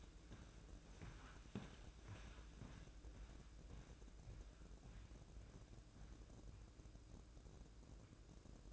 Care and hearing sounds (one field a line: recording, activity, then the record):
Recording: daily activity, microphone in the room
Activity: walk to room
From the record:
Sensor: 2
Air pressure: 1012.1 hPa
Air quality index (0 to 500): 142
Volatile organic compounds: 2 ppm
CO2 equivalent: 1037 ppm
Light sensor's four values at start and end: 87/207/86/84 and 88/211/87/86